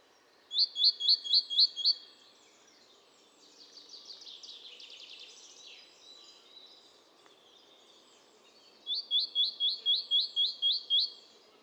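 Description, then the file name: Great tit singing a fast repeated phrase in two runs of several notes, with softer scratchy twittering in the gap between. "Parus major"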